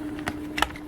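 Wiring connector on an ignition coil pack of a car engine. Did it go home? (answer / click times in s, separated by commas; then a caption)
released / 0.6 s. A tool is slipped down the side of the plastic wiring connector on an ignition coil pack of a VR6 engine in a Golf R32 Mk5 to press its retaining clip. A faint tick at 0.3 s is followed by a short cluster of sharp clicks, the loudest at 0.6 s, over a faint steady tone. The clip clicks open and the connector comes free.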